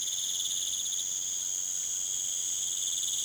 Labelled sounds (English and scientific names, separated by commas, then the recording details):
none
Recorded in pastures near Puerto Asís, Putumayo, Colombia, on 30 June 2025 at 20:00
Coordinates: 0.486, -76.323
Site H29